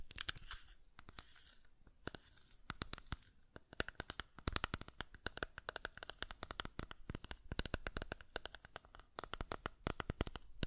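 Buttons clicking and tapping in a quick, irregular stream for the whole stretch, each click short and sharp. The taps come in bursts, densest around the middle and toward the end, with a faint rustle between them.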